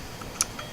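An adjustable rifle stock is moved to a further position, and its spring-loaded detent, held under spring tension, locks in with a sharp, bright click at 0.4 s. Two fainter ticks come just before and after it, at about 0.2 s and 0.6 s. The stock seats firmly in the new position.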